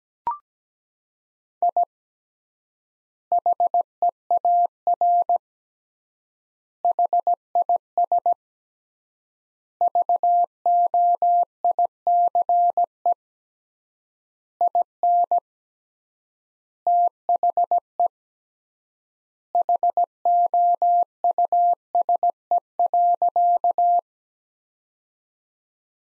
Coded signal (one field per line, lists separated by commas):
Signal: Morse code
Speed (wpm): 17 wpm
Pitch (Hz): 700 Hz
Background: none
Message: I HEAR HIS VOICE IN THE HOUSE.